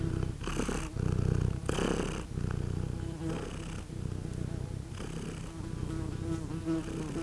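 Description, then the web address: Cat purring, a steady low rumble pulsing about four times a second, with a few bursts of louder breathy sound early on. Farmyard cat purring and meowing, with a fly present, at Görestanya farmstead. "allathangok parasztudvar macska doromboloesnyavogomacska leggyel gorestanya"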